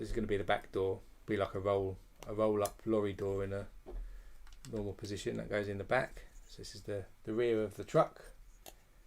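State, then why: Not seated. Someone talks while handling the roll-up rear door assembly of a LEGO Ideas Home Alone (21330) plastic brick truck, positioning it at the back of the truck. Faint handling clicks are heard around 4.5 s, and a sharper hit comes at 8.7 s. The door has not yet snapped into place, and nothing has seated yet.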